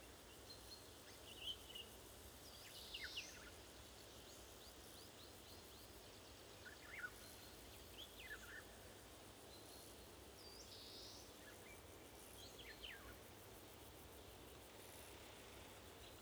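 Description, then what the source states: Eurasian golden oriole harsh calls, scratchy rasping notes in scattered bursts, over steady hiss of background noise. Several golden orioles calling, described as talking.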